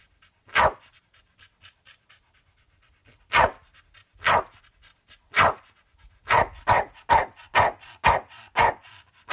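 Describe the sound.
Pit bull barks, at first single and widely spaced, then a quicker run of several barks near the end.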